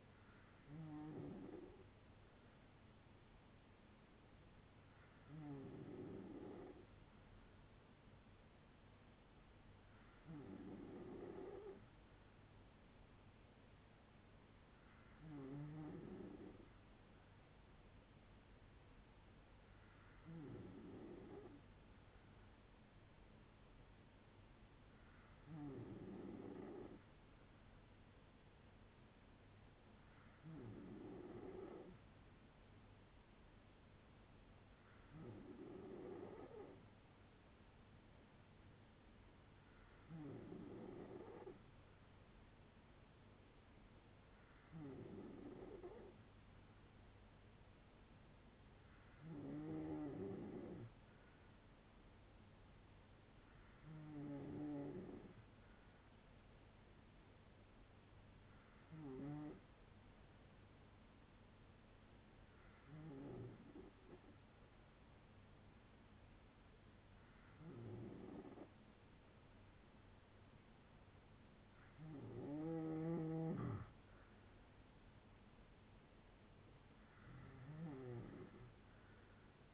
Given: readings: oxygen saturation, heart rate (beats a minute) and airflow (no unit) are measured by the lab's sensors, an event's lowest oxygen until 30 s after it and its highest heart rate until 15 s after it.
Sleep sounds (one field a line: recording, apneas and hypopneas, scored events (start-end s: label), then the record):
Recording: breathing in sleep by a voice recorder at the bedside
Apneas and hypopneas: none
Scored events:
none scored
From the record:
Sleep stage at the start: N3 (deep sleep)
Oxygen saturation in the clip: 93 to 95%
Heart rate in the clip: 57 to 69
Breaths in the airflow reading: 17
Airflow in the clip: -6.5 to 5.2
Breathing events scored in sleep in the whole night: 182 in 7.4 hours asleep